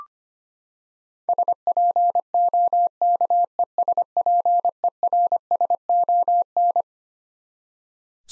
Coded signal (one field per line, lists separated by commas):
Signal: Morse code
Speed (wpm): 25 wpm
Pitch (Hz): 700 Hz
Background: none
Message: SPOKESPERSON